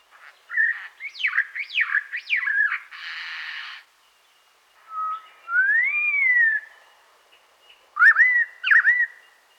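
Superb lyrebird song, loud swooping whistles, then a flat buzzy burst, a long rising and falling whistle, and finally two sharp twisting whistled notes, separated by short silences.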